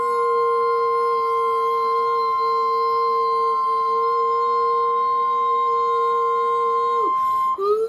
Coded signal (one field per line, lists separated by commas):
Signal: Emergency Alert System (SAME) tones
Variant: 1050 Hz attention tone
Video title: EAS WTF!